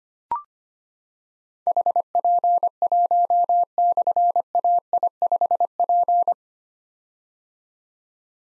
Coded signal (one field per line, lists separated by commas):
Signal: Morse code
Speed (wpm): 25 wpm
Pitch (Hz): 700 Hz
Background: none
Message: HP1/AI5P